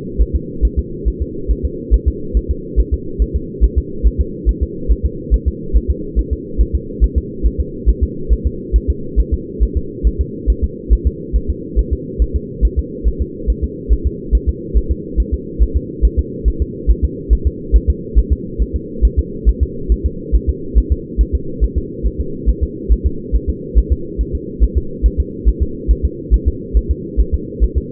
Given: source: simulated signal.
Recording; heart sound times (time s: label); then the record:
fetal heart sounds
0.22 s: S1
0.36 s: S2
0.65 s: S1
0.79 s: S2
1.08 s: S1
1.22 s: S2
1.51 s: S1
1.65 s: S2
1.94 s: S1
2.08 s: S2
2.37 s: S1
2.51 s: S2
2.79 s: S1
2.94 s: S2
3.22 s: S1
3.36 s: S2
3.64 s: S1
3.78 s: S2
4.07 s: S1
4.21 s: S2
4.49 s: S1
4.63 s: S2
4.91 s: S1
5.06 s: S2
5.34 s: S1
5.48 s: S2
5.76 s: S1
5.91 s: S2
6.19 s: S1
6.33 s: S2
6.61 s: S1
6.75 s: S2
7.04 s: S1
7.18 s: S2
7.46 s: S1
7.60 s: S2
7.89 s: S1
8.03 s: S2
8.32 s: S1
8.47 s: S2
8.76 s: S1
8.90 s: S2
9.20 s: S1
9.34 s: S2
9.63 s: S1
9.77 s: S2
10.07 s: S1
10.21 s: S2
10.50 s: S1
10.64 s: S2
10.93 s: S1
11.07 s: S2
11.36 s: S1
11.50 s: S2
11.79 s: S1
11.93 s: S2
12.22 s: S1
12.36 s: S2
12.65 s: S1
12.79 s: S2
13.07 s: S1
13.22 s: S2
13.50 s: S1
13.64 s: S2
13.92 s: S1
14.07 s: S2
14.35 s: S1
14.49 s: S2
14.77 s: S1
14.91 s: S2
15.20 s: S1
15.34 s: S2
15.62 s: S1
15.77 s: S2
16.05 s: S1
16.19 s: S2
16.48 s: S1
16.62 s: S2
16.90 s: S1
17.04 s: S2
17.33 s: S1
17.47 s: S2
17.76 s: S1
17.90 s: S2
18.19 s: S1
18.33 s: S2
18.62 s: S1
18.76 s: S2
19.05 s: S1
19.19 s: S2
19.49 s: S1
19.63 s: S2
19.92 s: S1
20.06 s: S2
20.35 s: S1
20.49 s: S2
20.78 s: S1
20.92 s: S2
21.21 s: S1
21.35 s: S2
21.64 s: S1
21.78 s: S2
22.06 s: S1
22.20 s: S2
22.49 s: S1
22.63 s: S2
22.92 s: S1
23.06 s: S2
23.35 s: S1
23.50 s: S2
23.78 s: S1
23.92 s: S2
24.21 s: S1
24.35 s: S2
24.63 s: S1
24.78 s: S2
25.06 s: S1
25.20 s: S2
25.48 s: S1
25.62 s: S2
25.91 s: S1
26.05 s: S2
26.34 s: S1
26.48 s: S2
26.77 s: S1
26.91 s: S2
27.20 s: S1
27.34 s: S2
27.63 s: S1
27.78 s: S2
From the record:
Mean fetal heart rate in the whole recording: 140 bpm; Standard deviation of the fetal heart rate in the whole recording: 2 bpm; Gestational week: 34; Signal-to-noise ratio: -4.3 dB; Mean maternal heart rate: 72 bpm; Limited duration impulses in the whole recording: absent